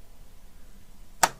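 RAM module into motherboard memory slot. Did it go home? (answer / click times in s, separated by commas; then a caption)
yes / 1.2 s. A RAM stick is pushed down into the motherboard memory slot until the retention clip clicks and the module seats. After a low, quiet background, a single sharp click is heard at 1.2 seconds.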